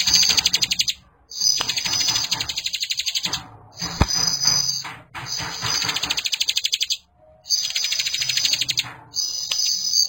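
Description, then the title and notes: Bar-winged prinia singing in fast, rattling trains of high ticking notes, each burst one to two seconds long and repeated with brief gaps. Indonesian ciblek birds singing vigorously ('gacor'), a collection that includes young birds. "Kicau Ciblek new. kumpulan suara burung ciblek gacor dan anakan"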